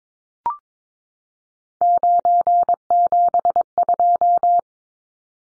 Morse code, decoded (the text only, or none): 972